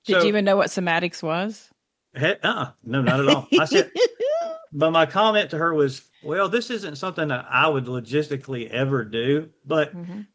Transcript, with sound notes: Did you even know what somatics was?
He- uh-uh. No, not at all.
(laughs)
I said... But my comment to her was, "Well, this isn't something that I would logistically ever do, but..."
Mm-hmm.